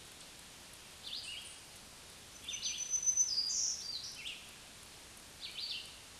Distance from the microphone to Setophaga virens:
about 15 m